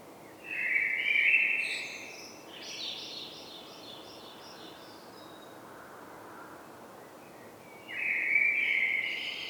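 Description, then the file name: Common blackbird giving sustained high notes that shift between pitch levels, then fade to a quiet pause before a loud high stretch returns near the end. "Turdus merula"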